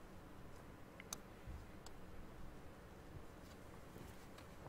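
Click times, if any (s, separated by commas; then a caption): none. A plastic wiring connector is handled near an engine air flow (MAF) sensor after cleaning, ready to be pushed back on. Faint ticks at 1.0, 1.1 and 1.9 seconds stand out against a quiet background. Nothing has seated or clicked yet.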